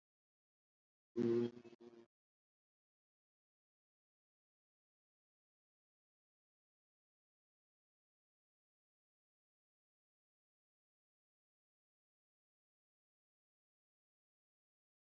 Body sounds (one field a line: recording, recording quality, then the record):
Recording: sustained vowel as in boot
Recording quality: moderate, slight background noise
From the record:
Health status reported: COVID-19 positive, mild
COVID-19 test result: positive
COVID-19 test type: RT-PCR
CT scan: not taken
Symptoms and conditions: fatigue, muscle pain, diarrhoea, hypertension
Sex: male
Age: 54 years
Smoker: no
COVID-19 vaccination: both doses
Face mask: worn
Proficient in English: no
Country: India